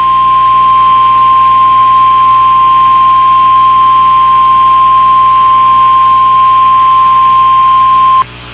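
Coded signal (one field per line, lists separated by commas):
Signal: Emergency Alert System (SAME) tones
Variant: 1050 Hz attention tone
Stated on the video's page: Fake, fan-made tornado drill monthly test, received over the air from a TV station.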